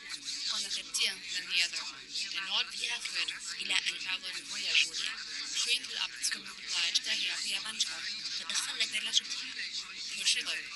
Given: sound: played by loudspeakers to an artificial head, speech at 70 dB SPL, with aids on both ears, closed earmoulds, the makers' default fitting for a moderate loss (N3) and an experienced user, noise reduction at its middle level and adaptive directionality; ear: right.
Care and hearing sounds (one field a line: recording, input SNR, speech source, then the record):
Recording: speech test signal (ISTS) in cocktail-party noise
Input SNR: -3 dB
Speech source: on the right (90 degrees)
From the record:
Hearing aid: class 2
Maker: H